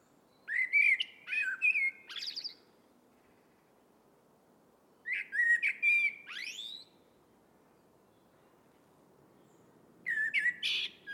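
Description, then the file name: Eurasian blackbird song in three phrases, each a fluty warble trailing into thin, rising squeaky notes, with long silent gaps between them. "Turdus merula"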